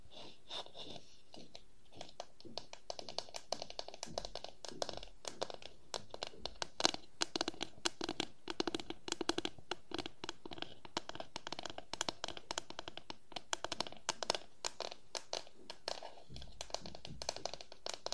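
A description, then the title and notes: Wooden objects are tapped and scratched in a dense, irregular stream of short clicks and knocks that continues throughout. The hits come rapidly with bright, dry edges, interspersed with rough scraping and crinkly textures, loudest through the middle stretch. ASMR No Talking Wooden Objects Tapping and Scratching ( Cork, Bowl, Lid, Block).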